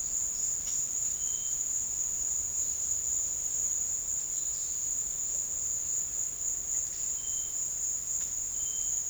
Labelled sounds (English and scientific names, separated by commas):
none